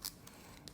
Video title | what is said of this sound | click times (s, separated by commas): @VetoProPacToolBags Loadout - Tec MCT Blackout Bag FULL of @WeraToolRebels- The Wera Wagon | I got to use two hands but then and then you push it in and then it locks into place | 0.1 s, 0.7 s